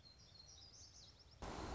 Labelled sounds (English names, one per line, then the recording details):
Black-throated Gray Warbler
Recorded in Sonoma County, California